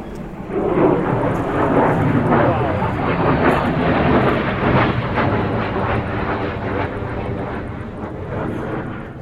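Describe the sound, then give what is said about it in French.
Airplane engines roar steadily and loudly, a dense, continuous rumble with a whooshing high edge that holds almost unchanged for the whole stretch, easing only slightly toward the end. “On ira ensuite à l'avion, on va s'asseoir sur nos sièges et on va attendre le départ.”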